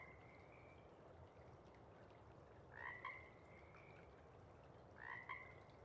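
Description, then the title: Pacific chorus frog giving two two-part ribbit calls, a short croak then a second note, with fainter drawn-out trills before and between. Sparse chorus just before dawn as twilight breaks; most of the group has gone back to burrow and sleep, a few individuals still calling to attract a mate. "Chorus Frogs, Sparse, pre-Dawn"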